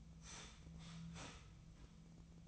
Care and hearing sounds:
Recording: daily activity, microphone in the room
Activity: start toaster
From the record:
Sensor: 1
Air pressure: 1009.3 hPa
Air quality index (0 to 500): 196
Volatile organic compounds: 19 ppm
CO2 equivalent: 2671 ppm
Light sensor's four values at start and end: 27/70/29/34 and 27/70/29/34

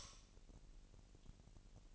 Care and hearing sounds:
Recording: daily activity, microphone in the room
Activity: light off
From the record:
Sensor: 4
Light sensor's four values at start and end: 7/16/6/7 and 6/14/5/6

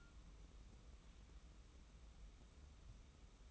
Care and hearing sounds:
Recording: daily activity, microphone in the room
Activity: take from stove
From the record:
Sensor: 1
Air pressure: 994.5 hPa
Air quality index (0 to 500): 231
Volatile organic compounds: 1000 ppm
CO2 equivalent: 8333 ppm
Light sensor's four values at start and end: 146/333/149/163 and 146/334/149/163

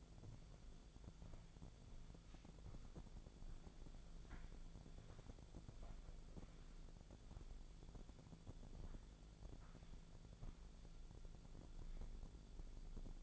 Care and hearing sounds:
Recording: daily activity, microphone in the room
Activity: walk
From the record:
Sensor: 5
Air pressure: 1008.5 hPa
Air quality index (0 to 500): 157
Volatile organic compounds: 3 ppm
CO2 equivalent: 1516 ppm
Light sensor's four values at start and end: 67/185/73/74 and 67/185/73/74

